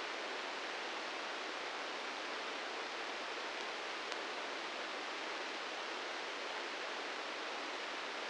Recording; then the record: brain microelectrode recording played as sound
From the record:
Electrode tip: inside the subthalamic nucleus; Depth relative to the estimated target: -5 mm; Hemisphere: left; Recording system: NeuroSet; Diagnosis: Parkinson's disease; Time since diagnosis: 13 years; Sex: male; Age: 66 years